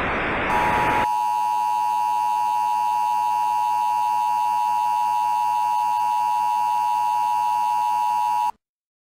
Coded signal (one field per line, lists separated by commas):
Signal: Emergency Alert System (SAME) tones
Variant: 853 and 960 Hz attention tone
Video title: top 3 south korean eas alarm